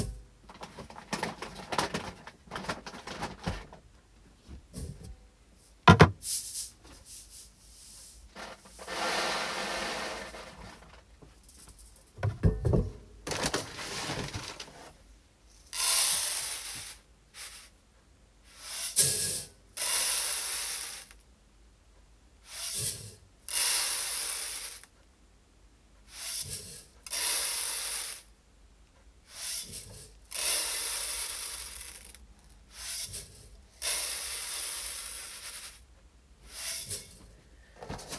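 Hulled brown rice being sorted and checked by hand for leftover husks and weed seeds. Grains pour and sift in hissing bursts of one to three seconds, separated by short silences, with scattered rustles and clicks early on and sharp knocks near 6 and 12 seconds.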